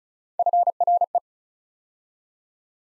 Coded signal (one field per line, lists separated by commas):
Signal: Morse code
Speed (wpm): 36 wpm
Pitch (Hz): 700 Hz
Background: none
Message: FRE